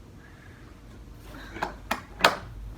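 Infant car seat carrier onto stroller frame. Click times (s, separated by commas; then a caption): 1.9 s, 2.2 s. A Graco SnugRider 3 Elite infant car seat carrier is lowered onto its stroller frame after the latch point is found. After a quiet stretch, a small knock comes at about 1.6 s, then sharp clicks at 1.9 s and 2.3 s as the carrier seats onto the frame. There is no talk.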